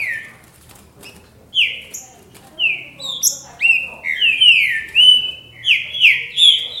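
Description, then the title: Green-winged saltator song: rich whistled notes, some rising and falling, building into a faster sequence of slurred phrases over faint low background noise and clicks. "Trinca Ferro"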